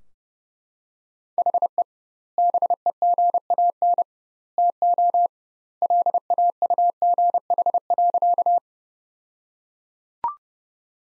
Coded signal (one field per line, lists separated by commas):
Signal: Morse code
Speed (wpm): 30 wpm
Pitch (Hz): 700 Hz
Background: none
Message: HE BEGAN TO LAUGH.